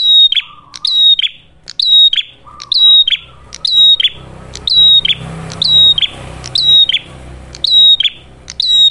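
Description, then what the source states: Ashy tailorbird giving repeated high whistled notes with raspy tails about once a second; low buzzy trills early, then a rumbling background noise midway. Prolific song, described as clear sound, suited for training captive birds or for luring.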